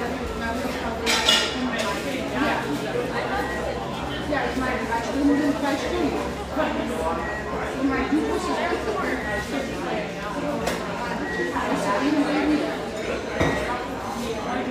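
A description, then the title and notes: Steady overlapping chatter fills a mellow brick-walled bar for railyard staff, over a constant low hum, with sharp clinks near the start and end. Riverside on Portland's east Willamette banks, this industrial neighborhood sports some quality coffeehouses, including this mellow, exposed-brick gem frequented by railyard staff.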